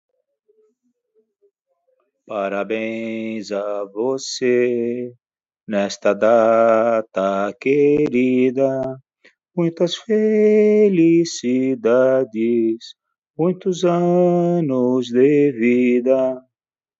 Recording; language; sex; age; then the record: short text; Brazilian Portuguese; male; 60 to 69 years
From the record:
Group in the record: control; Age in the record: 65 years